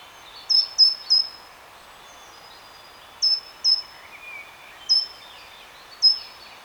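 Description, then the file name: Great tit calls, a brisk triplet of shrill notes with falling tails, followed by a pair and two single notes, faint birdsong in the background. "Parus major"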